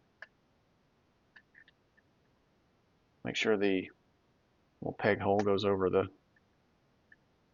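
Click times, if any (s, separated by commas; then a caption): 7.1 s. A plastic accessory part's peg hole is lined up over a peg on an action figure accessory and pressed on, with small plastic clicks and handling sounds at the start while someone talks in the middle. A short, sharp click at 7.1 s marks the part popping into place, fully seated.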